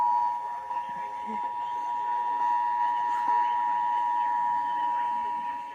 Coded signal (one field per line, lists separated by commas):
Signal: Emergency Alert System (SAME) tones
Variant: 853 and 960 Hz attention tone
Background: speech